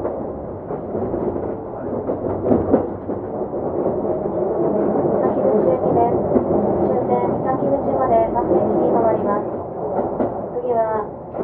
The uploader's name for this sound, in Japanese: 京急2100形 横浜〜三崎口